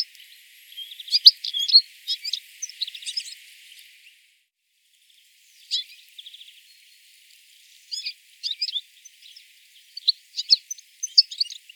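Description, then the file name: European goldfinch calls: bursts of bright twittering notes, then a silent gap, then scattered short chirps and trills in the final seconds. "Carduelis carduelis"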